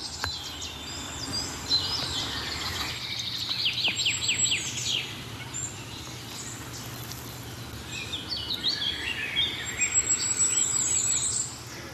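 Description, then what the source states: Common firecrest: very high, thin 'sie' notes in quick repeated series with short descending strokes, among other small birds' high twittering and a steady low hum. Very high 'sie' notes, with a robin's pearly, very high song in the background.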